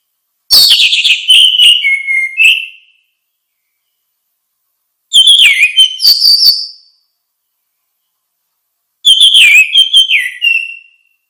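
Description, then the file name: Orange-headed thrush repeating a rich, warbling whistled phrase three times, about every four seconds. Nothing else is heard. "suara kicau burung anis merah luar biasa"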